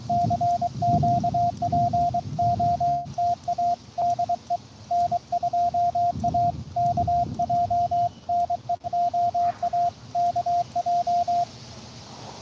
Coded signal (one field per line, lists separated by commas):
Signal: Morse code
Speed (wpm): 23 wpm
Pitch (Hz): 700 Hz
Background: radio noise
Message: CQ POTA DE N2AKJ NEOAKJ